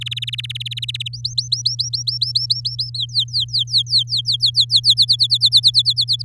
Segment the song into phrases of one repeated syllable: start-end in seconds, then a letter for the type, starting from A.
0.01-1.08 A, 1.13-2.90 B, 2.94-4.94 C, 4.97-6.22 D